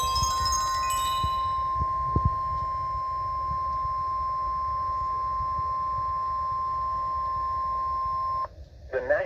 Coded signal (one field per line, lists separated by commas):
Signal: Emergency Alert System (SAME) tones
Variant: 1050 Hz attention tone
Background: speech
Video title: Chaotic Hellstorm III Slight Risk Madness| EAS Alerts From 3/27/2021 (EAS #339-375)